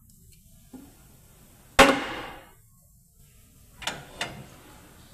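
A new cylinder liner is tapped with hammer blows into the bore of a 6WF1 diesel engine block from an Isuzu Giga Max ten-wheeler truck until its flange (lip) sits flat. A sharp, loud metallic blow at 1.8 s rings out and fades, followed by two lighter taps near 3.9 and 4.2 s. The liner flange has seated flush in the block at 1.8 s.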